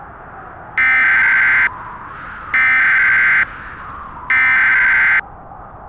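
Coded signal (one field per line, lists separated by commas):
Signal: Emergency Alert System (SAME) tones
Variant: header bursts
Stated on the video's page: Fictional EAS scenario about an extreme winter; simulated alert.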